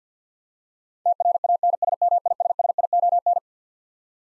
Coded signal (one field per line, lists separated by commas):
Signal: Morse code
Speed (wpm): 50 wpm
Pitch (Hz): 700 Hz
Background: none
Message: TRANSMISSION